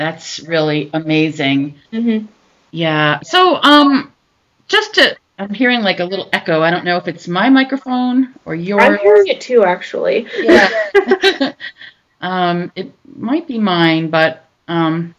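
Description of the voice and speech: Casual conversation between women with fluent, clear voices and brief pauses; no speech disorder is heard.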